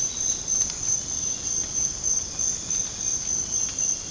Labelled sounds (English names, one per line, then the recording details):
none
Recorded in dense forest near Puerto Asís, Putumayo, Colombia, on 30 June 2025 at 05:00
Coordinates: 0.486, -76.317
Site G065